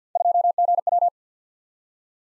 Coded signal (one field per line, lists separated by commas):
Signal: Morse code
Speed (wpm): 51 wpm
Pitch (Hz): 700 Hz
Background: none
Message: 2GW